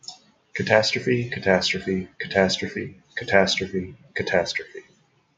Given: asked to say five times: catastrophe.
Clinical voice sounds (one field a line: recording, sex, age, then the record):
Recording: repeated word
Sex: male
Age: 30 to 39 years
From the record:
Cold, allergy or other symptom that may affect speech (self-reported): no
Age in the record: 35 years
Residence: Ohio, United States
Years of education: 16